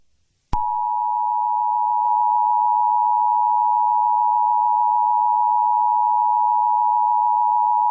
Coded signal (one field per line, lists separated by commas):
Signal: Emergency Alert System (SAME) tones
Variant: 853 and 960 Hz attention tone